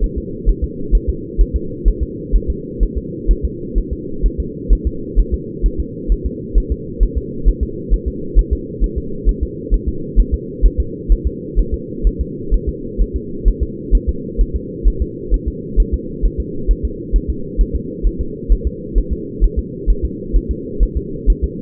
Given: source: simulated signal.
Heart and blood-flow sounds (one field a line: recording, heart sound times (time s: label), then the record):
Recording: fetal heart sounds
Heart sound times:
0.04 s: S1
0.18 s: S2
0.49 s: S1
0.64 s: S2
0.95 s: S1
1.09 s: S2
1.41 s: S1
1.56 s: S2
1.88 s: S1
2.03 s: S2
2.36 s: S1
2.50 s: S2
2.83 s: S1
2.98 s: S2
3.31 s: S1
3.45 s: S2
3.78 s: S1
3.93 s: S2
4.26 s: S1
4.40 s: S2
4.73 s: S1
4.87 s: S2
5.19 s: S1
5.34 s: S2
5.66 s: S1
5.80 s: S2
6.12 s: S1
6.26 s: S2
6.58 s: S1
6.72 s: S2
7.03 s: S1
7.18 s: S2
7.48 s: S1
7.63 s: S2
7.94 s: S1
8.08 s: S2
8.39 s: S1
8.53 s: S2
8.84 s: S1
8.98 s: S2
9.29 s: S1
9.43 s: S2
9.74 s: S1
9.88 s: S2
10.20 s: S1
10.34 s: S2
10.66 s: S1
10.80 s: S2
11.12 s: S1
11.27 s: S2
11.59 s: S1
11.74 s: S2
12.07 s: S1
12.21 s: S2
12.54 s: S1
12.69 s: S2
13.01 s: S1
13.16 s: S2
13.48 s: S1
13.63 s: S2
13.95 s: S1
14.09 s: S2
14.41 s: S1
14.56 s: S2
14.88 s: S1
15.02 s: S2
15.34 s: S1
15.48 s: S2
15.80 s: S1
15.94 s: S2
16.25 s: S1
16.40 s: S2
16.71 s: S1
16.85 s: S2
17.16 s: S1
17.30 s: S2
17.61 s: S1
17.75 s: S2
18.07 s: S1
18.21 s: S2
18.52 s: S1
18.67 s: S2
18.98 s: S1
19.13 s: S2
19.44 s: S1
19.59 s: S2
19.90 s: S1
20.05 s: S2
20.36 s: S1
20.51 s: S2
20.83 s: S1
20.97 s: S2
21.30 s: S1
21.44 s: S2
From the record:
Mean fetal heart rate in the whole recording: 130 bpm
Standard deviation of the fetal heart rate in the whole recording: 2 bpm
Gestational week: 36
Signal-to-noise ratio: -4.3 dB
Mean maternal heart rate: 72 bpm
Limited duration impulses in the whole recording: absent